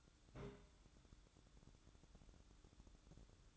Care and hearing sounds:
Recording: daily activity, microphone in the room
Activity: place on stove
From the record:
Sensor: 3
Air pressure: 1008.1 hPa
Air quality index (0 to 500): 130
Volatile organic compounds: 2 ppm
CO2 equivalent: 1072 ppm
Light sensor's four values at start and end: 8/20/8/8 and 8/20/8/8

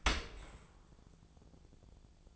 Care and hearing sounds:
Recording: daily activity, microphone in the room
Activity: open dishwasher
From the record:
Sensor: 5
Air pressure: 1000.6 hPa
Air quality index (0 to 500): 148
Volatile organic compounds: 2 ppm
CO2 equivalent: 1139 ppm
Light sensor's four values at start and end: 41/92/40/43 and 40/92/39/43

